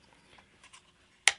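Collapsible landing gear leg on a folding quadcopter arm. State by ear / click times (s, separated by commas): seated / 1.3 s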